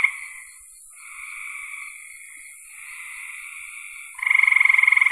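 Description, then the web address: Frogs calling in a chorus: overlapping buzzy, pulsed trills, then a louder rapid pulsing trill breaking in near the end, over a steady high-pitched hiss. "cn frogs"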